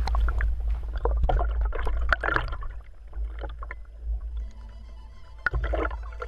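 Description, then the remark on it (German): Gentle water sloshing and soft splashes as two researchers slowly lower an arm-long tubular underwater camera on a long rope into the water of a mesocosm with a transparent plastic rim, over a steady low rumble, with a brief sharp knock toward the end. “An einem langen Seil lassen die Forscher das Gerät ganz langsam in das Wasser hinabgleiten.”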